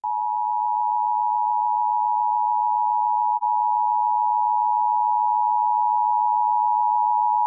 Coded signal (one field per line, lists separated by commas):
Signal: Emergency Alert System (SAME) tones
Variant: 853 and 960 Hz attention tone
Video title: EAS Required Monthly Test and RWT Minnesota NOAA Weather Radio KEC65 and KNXR/KOWZ Rochester/Mankato